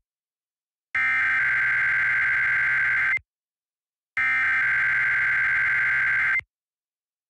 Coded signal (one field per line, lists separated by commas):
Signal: Emergency Alert System (SAME) tones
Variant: header bursts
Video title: East Coast Chaos Episode 23: A Chaotic Marginal - 4/20/2024